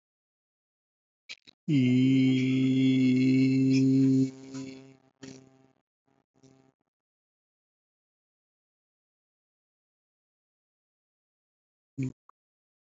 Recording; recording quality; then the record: sustained vowel as in beet; excellent, no background noise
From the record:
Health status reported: respiratory illness, not identified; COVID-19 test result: negative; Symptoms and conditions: cough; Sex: male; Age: 28 years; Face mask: not worn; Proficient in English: no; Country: India